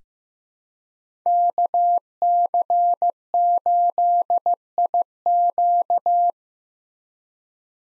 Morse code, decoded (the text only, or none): KC8IQ